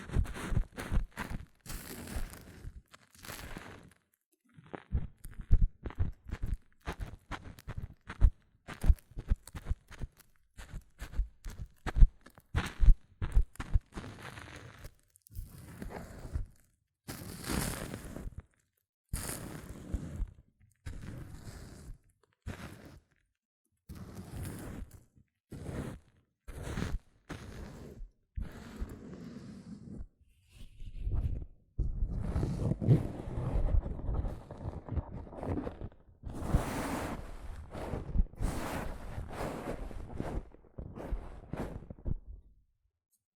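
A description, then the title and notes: Hair mousse fizzes and crackles in dense, irregular bursts, each a short crisp hiss reaching into the bright highs. Brief silent gaps separate clusters throughout. After about 31 seconds the sound grows fuller and wetter, with a soft low rumble beneath the fizz. ASMR Extreme Fizzing Tingles Hair Mousse Sounds(No Talking).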